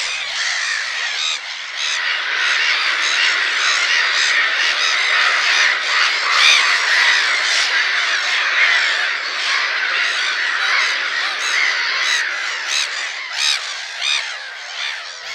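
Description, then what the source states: Black-headed Gulls calling in a dense colony, a continuous overlapping din of harsh, rasping squawks and screeches, many birds at once, loud throughout. Breeding colony; inland colonies not very common; colonies make enormous noise, especially when someone comes too close; colonies form this month.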